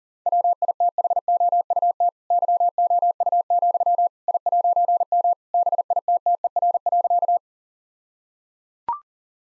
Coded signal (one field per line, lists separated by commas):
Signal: Morse code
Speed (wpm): 37 wpm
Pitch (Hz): 700 Hz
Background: none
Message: WITHOUT YOU, I'M BITTER.